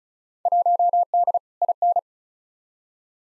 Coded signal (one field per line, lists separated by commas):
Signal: Morse code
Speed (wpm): 36 wpm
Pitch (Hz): 700 Hz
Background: none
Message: 1D IN